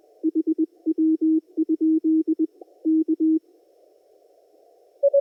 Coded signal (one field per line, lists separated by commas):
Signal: Morse code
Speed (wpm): 21 wpm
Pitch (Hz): 320 Hz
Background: none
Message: HW? K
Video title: Test RX/Noise Level on 20/15/10M with RFI/EMI 2.0 filter and 1:1 Common Mode Choke/Noise Suppression